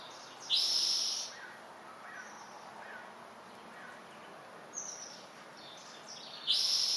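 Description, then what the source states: Bird chirping: loud high whistled bursts at the start and end, with faint down-slurred chirps and a brief trill between, over a quiet background. Dense nature setting.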